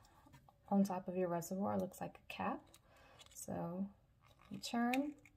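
Someone talks while turning the plastic, cap-like tubing connector of an infusion set onto the top of the insulin reservoir of a Medtronic pump, with a few faint handling sounds under the voice. The clip ends before the connector goes home; it has not yet clicked or seated.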